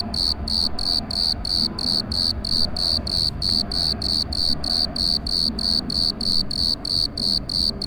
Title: Rue Jacques Cartier, Puer, Aix-les-Bains, Savoie, Auvergne-Rhône-Alpes, France métropolitaine, 73100, France - Criquet acousmatique